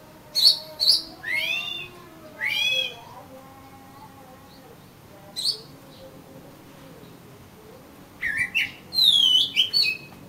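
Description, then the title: Oriental magpie-robin: a few harsh, buzzy phrases and sweeping whistles separated by long quiet gaps, ending in a bright burst of slurred notes. "Kacer Kacer"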